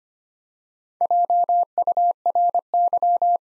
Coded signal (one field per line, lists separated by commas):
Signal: Morse code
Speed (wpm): 25 wpm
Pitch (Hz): 700 Hz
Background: none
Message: JURY